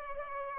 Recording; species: mosquito wingbeat signal from an infrared sensor; Culex pipiens